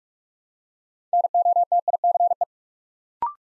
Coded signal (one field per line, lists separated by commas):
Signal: Morse code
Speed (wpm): 44 wpm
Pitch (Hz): 700 Hz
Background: none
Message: NOTICE